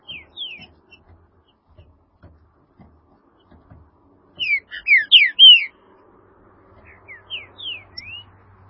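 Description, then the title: Green-winged saltator singing quiet slurred whistles, then a loud burst of rich, downslurred whistled notes, with softer whistles trailing after and faint low hum behind. "Trinca Ferro"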